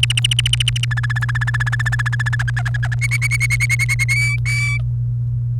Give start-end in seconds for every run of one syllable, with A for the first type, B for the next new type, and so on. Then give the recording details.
0.00-0.85 A, 0.91-2.35 B, 2.39-2.95 C, 3.01-4.04 D, 4.09-4.78 E. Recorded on 28 April 2018 at 11:59. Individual llb3